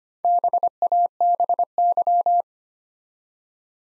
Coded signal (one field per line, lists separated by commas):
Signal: Morse code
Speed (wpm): 25 wpm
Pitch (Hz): 700 Hz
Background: none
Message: BABY